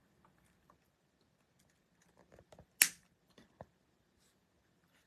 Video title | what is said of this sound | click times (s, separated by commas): Furnace Fiesta Bracelet and Earrings Demo 07 25 2024 Irina Miech Jewelry Tutorial - Eclectica Bead | And I like that little click. It's very satisfying because it lets me know that I don't have that gap. | 2.8 s